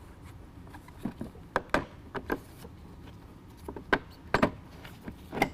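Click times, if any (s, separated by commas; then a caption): 1.6 s, 1.7 s, 3.9 s, 4.3 s. The lower bumper fascia is pushed back onto the front of a truck over a new SPEC-D black DRL projector headlight, and its plastic retaining clips snap home with sharp clicks at 1.6, 1.8, 3.9 and 4.4 seconds amid softer plastic knocks and rustling. The fascia is seated, clicked into place on the truck's front end.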